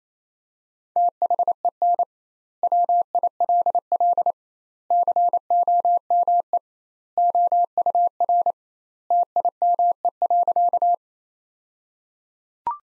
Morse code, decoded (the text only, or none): THEN WILL COME OUR TIME.